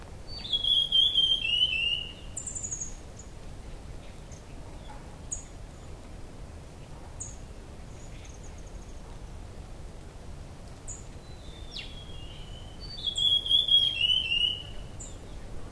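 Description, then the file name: Beautiful sibia calling with a clear, high, descending whistled phrase, heard twice, at the start and again near the end, with scattered thin chirps between. "sibia-beautiful -Heterophasia-pulchella"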